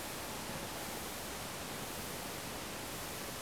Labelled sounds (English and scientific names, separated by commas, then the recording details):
none
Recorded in France